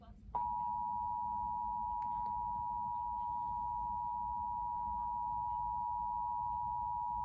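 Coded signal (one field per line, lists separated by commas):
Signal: Emergency Alert System (SAME) tones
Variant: 853 and 960 Hz attention tone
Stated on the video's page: Required Monthly Test received on television.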